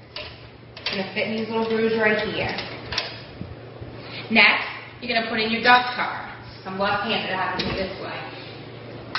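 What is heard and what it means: The recoil spring guide of an AK-47 rifle is being handled as it goes into the receiver, while someone talks throughout and brief metallic handling knocks are heard. The clip ends before the part snaps into the hole at the back of the receiver, so nothing has seated or clicked yet.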